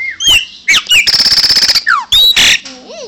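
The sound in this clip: Chopi Blackbird song: a quick mix of sliding whistles, a fast buzzy rattle of repeated clicks, and a harsh noisy squawk, ending in a short low arched note.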